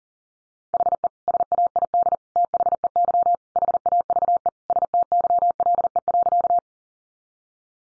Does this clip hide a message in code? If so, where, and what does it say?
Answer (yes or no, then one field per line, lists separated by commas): yes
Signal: Morse code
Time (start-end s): 0.7-6.6 s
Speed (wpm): 37 wpm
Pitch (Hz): 700 Hz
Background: none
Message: HE SAID THEY HAVE STYLE.